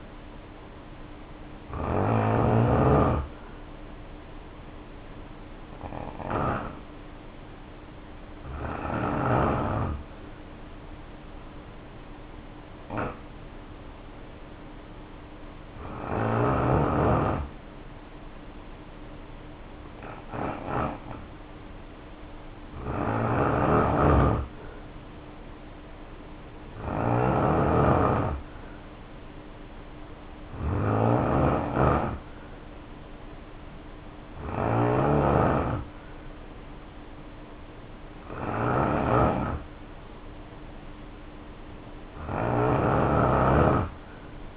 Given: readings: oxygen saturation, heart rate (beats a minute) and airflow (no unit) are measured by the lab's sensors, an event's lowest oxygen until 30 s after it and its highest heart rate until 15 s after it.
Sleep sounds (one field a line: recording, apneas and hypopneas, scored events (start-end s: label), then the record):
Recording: breathing in sleep by a voice recorder at the bedside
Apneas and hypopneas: 1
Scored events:
2.00-44.57 s: new sleep stage, N2 (light sleep)
7.00-27.70 s: hypopnea (N2, oxygen 93% highest, then 88% lowest, heart rate 60 at the start, 62 highest)
From the record:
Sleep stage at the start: N1 (lightest sleep)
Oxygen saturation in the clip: 83 to 93%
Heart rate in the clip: 55 to 64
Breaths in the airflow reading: 10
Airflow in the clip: -2.7 to 5.1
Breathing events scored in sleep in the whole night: 520 in 7.2 hours asleep